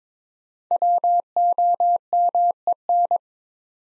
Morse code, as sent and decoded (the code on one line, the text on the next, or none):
.-- --- -- . -.
WOMEN